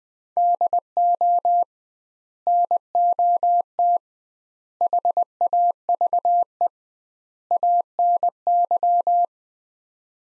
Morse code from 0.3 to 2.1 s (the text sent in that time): DO